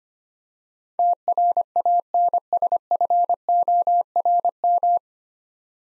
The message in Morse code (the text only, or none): TRANSFORM